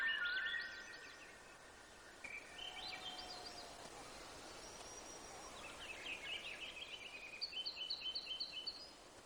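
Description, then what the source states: Mixed bird calls and songs: twittering phrases, a thin drawn-out whistle, and a rapid series of repeated high notes at the end, with steady hiss beneath. Gates of the Arctic, Alaska; 18 June 2018, 05:30.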